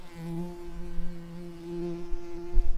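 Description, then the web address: Common carder bee buzzing: a steady, low droning hum with overtones, holding a constant pitch throughout. Workers. "bumblebees Pascuorum-workers"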